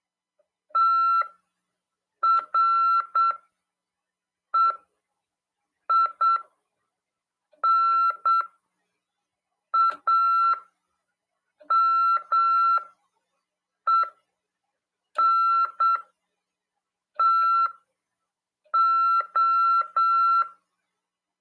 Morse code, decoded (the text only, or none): TREINAMENTO